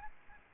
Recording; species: mosquito wingbeat signal from an infrared sensor; Aedes albopictus